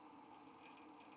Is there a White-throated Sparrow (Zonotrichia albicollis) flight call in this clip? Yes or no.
no